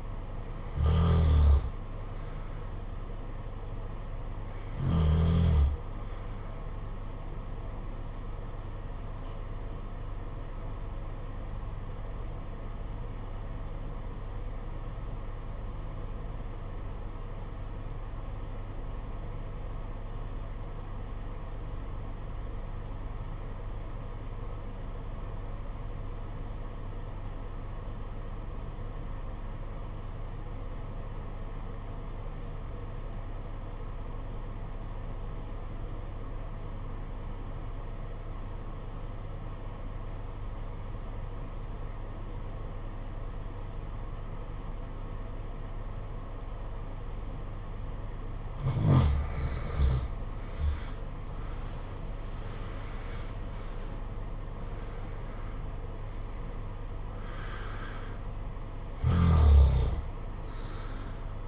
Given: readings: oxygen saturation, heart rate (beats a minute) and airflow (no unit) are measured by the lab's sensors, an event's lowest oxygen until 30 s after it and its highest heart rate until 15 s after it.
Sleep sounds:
breathing in sleep by a smartphone at the bedside; 1
10.00-49.60 s: obstructive apnea (N1, oxygen 96% highest, then 72% lowest, heart rate 56 at the start, 85 highest)
From the record:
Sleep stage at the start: N1 (lightest sleep); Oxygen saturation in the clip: 74 to 96%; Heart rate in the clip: 55 to 85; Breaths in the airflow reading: 8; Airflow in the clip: -11.4 to 10.3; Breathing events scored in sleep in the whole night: 476 in 9.7 hours asleep

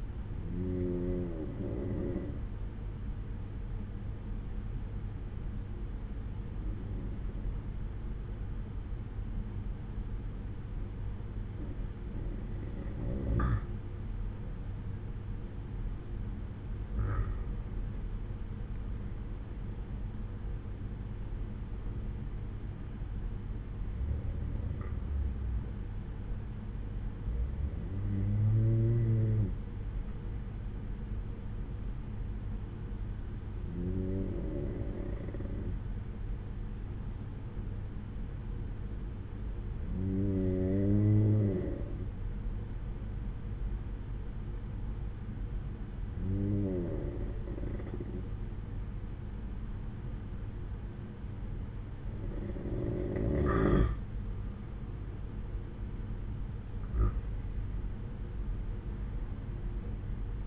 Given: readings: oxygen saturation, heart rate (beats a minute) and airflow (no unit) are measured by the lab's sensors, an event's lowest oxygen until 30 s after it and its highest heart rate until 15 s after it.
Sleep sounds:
breathing in sleep by a smartphone at the bedside; 1
26.00-52.20 s: hypopnea (N2, oxygen 95% highest, then 92% lowest, heart rate 65 at the start, 66 highest)
From the record:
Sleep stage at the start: N2 (light sleep); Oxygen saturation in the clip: 93 to 95%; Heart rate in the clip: 60 to 66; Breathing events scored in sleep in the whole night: 187 in 7.2 hours asleep

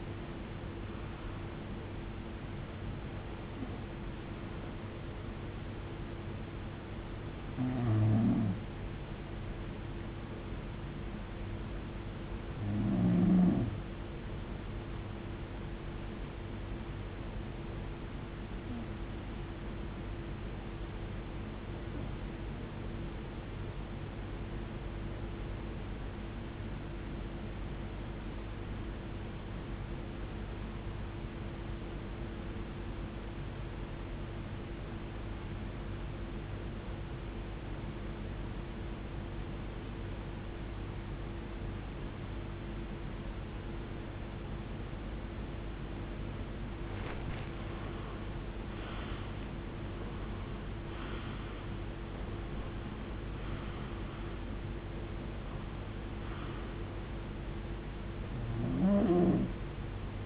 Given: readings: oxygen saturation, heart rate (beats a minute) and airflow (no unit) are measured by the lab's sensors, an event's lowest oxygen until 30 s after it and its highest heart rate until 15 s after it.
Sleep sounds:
breathing in sleep by a voice recorder at the bedside; 1
23.00-48.00 s: hypopnea (N1, oxygen 96% highest, then 91% lowest, heart rate 68 at the start, 76 highest)
28.00-60.26 s: new sleep stage, REM sleep
From the record:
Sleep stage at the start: N1 (lightest sleep); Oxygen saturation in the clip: 87 to 96%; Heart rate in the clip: 46 to 88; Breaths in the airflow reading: 15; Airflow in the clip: -18.5 to 18.0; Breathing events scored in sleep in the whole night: 389 in 6.3 hours asleep

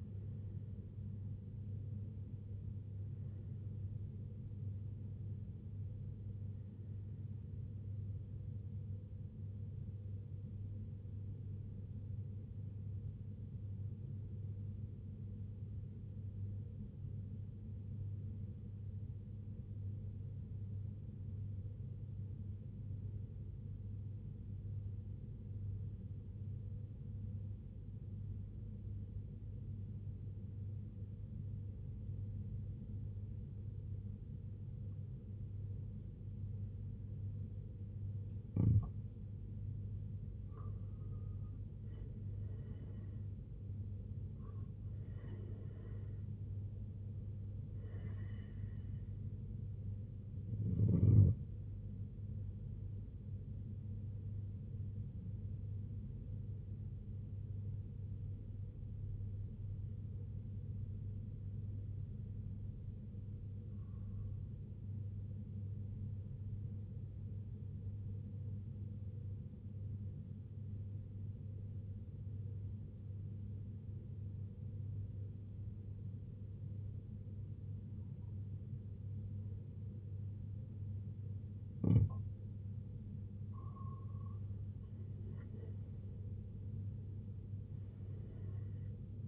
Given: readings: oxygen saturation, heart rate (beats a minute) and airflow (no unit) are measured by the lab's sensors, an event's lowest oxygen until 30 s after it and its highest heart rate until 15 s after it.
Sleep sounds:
breathing in sleep by a smartphone at the bedside; 2
15.00-40.60 s: obstructive apnea (N1, oxygen 96% highest, then 86% lowest, heart rate 62 at the start, 86 highest)
15.00-45.00 s: new sleep stage, N2 (light sleep)
45.00-89.28 s: new sleep stage, N1 (lightest sleep)
58.00-83.20 s: obstructive apnea (N1, oxygen 95% highest, then 86% lowest, heart rate 65 at the start, 87 highest)
From the record:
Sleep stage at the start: N1 (lightest sleep); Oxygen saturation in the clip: 86 to 96%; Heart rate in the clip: 62 to 86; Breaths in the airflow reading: 8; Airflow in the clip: -12.7 to 10.9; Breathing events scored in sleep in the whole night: 258 in 7.4 hours asleep

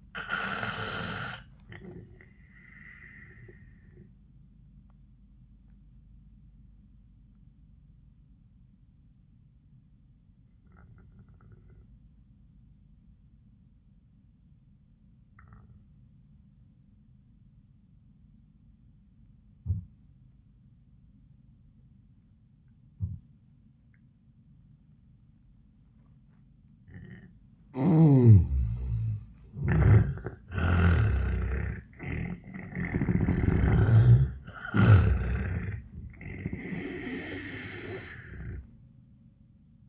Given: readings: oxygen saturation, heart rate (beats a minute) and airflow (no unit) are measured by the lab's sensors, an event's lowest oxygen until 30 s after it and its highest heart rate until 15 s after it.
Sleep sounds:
breathing in sleep by a smartphone at the bedside; 1
7.00-28.30 s: obstructive apnea (N2, oxygen 97% highest, then 77% lowest, heart rate 88 at the start, 93 highest)
34.00-39.89 s: new sleep stage, N1 (lightest sleep)
From the record:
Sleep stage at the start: N2 (light sleep); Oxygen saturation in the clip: 78 to 97%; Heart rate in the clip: 78 to 94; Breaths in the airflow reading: 1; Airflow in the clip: -21.3 to 29.4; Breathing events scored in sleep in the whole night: 400 in 8.7 hours asleep

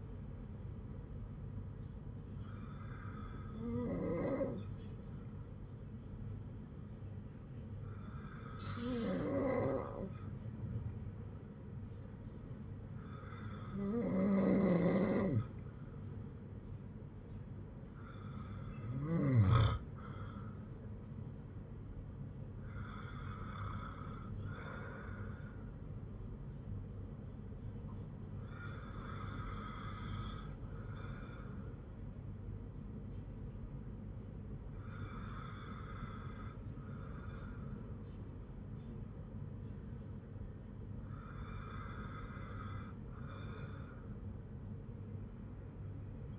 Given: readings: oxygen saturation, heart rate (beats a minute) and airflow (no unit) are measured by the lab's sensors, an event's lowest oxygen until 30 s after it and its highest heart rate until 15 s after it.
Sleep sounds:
breathing in sleep by a smartphone at the bedside; none
none scored
From the record:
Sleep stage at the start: N2 (light sleep); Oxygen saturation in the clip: 94 to 96%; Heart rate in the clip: 54 to 60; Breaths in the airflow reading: 8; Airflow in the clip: -8.9 to 5.3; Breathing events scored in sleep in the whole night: 182 in 7.4 hours asleep

